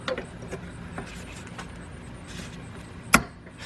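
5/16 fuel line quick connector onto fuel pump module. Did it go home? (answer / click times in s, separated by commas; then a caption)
yes / 3.1 s. While replacing the fuel pump on a 1999 Lincoln Navigator, a 5/16 fuel line quick connector is pushed onto the fuel pump module, with faint rubbing and light handling taps over the first three seconds. A single sharp, bright snap rings out at 3.1 s as the connector seats in place.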